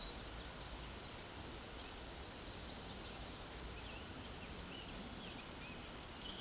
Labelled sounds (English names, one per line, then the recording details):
Black-and-white Warbler song
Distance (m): 55 m
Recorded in a Pennsylvania forest on 19 May 2023 at 13:14
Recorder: AudioMoth, point grid1_15_low
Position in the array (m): 74 m, 212 m